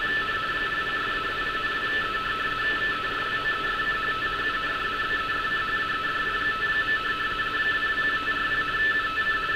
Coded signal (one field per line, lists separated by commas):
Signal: RTTY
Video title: Decoding RTTY navigation warnings from Hamburg, Germany